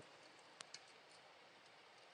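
The pointed magnet end of a magnetic balloon-decor pole section is pushed into the hole of the next section and clicks in with a sharp tick at 0.6 s, followed by a second softer click at about 0.7 s. The section is confirmed seated, pushed in the right way, over a steady low background hiss.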